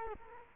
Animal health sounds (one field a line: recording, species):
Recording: mosquito wingbeat signal from an infrared sensor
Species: Culex quinquefasciatus